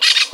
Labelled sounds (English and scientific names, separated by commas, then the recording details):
Brown-throated Parakeet (Eupsittula pertinax) contact call
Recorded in Venezuela
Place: Guárico; Corozopando; Fundo La Fe
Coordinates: 8.506, -67.593